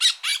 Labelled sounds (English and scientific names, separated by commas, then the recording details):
Brown-throated Parakeet (Eupsittula pertinax) contact call
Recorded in Bonaire
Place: just S of turnoff to Cai, near Lac Bay
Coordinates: 12.126, -68.239